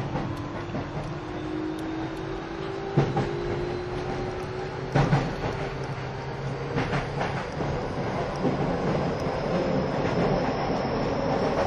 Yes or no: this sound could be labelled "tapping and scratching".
no